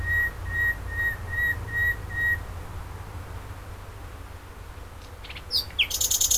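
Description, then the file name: Common nightingale singing six steady whistled notes, a quiet gap, then a few sharp, high notes over a constant low background hiss. "Luscinia megarhynchos"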